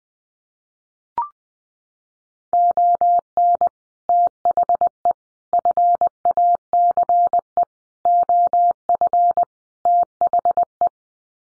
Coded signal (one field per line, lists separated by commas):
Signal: Morse code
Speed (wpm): 20 wpm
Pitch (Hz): 700 Hz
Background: none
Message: ON THE FACE OF THE